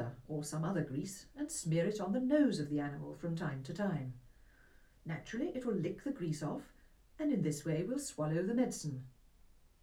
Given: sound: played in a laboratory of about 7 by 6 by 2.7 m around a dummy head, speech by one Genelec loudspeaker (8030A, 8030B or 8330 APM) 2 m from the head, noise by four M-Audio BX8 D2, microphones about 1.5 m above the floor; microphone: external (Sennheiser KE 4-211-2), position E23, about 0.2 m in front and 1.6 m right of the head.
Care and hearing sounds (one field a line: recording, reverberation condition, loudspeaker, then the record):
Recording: female speech in English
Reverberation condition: low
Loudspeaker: 60 degrees to the left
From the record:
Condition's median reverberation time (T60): about 310 ms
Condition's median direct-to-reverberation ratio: about 3.5 dB